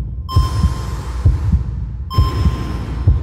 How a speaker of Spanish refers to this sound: Tengo latidos. Tengo una multitud de guerreros bailándome en el pecho. ¿Es eso una murga que me agita la sangre? El corazón me late a toda prisa como un conejo perseguido por los lobos de mi sangre. Y no puedo detenerlo.